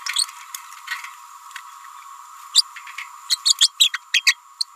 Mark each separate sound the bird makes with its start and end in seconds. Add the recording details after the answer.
0.15-0.25, 2.54-2.62, 3.29-3.38, 3.45-3.55, 3.60-3.70, 3.79-3.92, 3.93-3.98, 4.13-4.25, 4.26-4.36, 4.60-4.64. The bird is a female. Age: 29 days. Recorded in a nest box in Venezuela. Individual 17B31A3